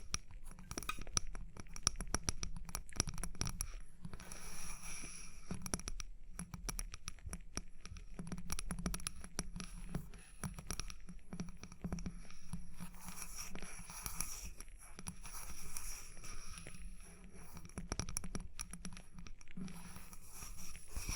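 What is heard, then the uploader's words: Tapping and scratching, with quick sharp taps packed densely in the first few seconds, then thinning into scattered clicks and rough scraping strokes. A low hum runs underneath throughout, and brighter, hissier scratching swells around twelve to fifteen seconds and again near the end. Tapping and Scratching (No Talking).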